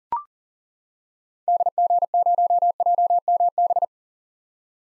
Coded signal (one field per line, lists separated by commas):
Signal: Morse code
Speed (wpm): 40 wpm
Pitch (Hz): 700 Hz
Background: none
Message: DG0JMB